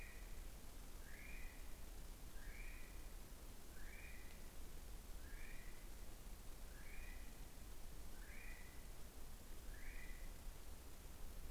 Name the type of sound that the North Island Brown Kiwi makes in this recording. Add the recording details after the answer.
male call. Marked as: faintness 3/5. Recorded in New Zealand on 21 November 2014. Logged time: 01:28. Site CL78